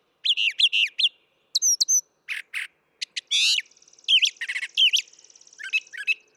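Brown thrasher song: doubled whistled phrases, quick clicks and a raspy buzz, then more paired slurred notes over a thin trill.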